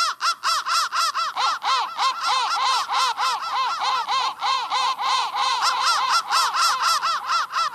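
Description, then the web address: Crows cawing in a dense chorus, harsh arched notes overlapping rapidly, several birds calling at once about four times a second without pause. "soundfactory crow 1"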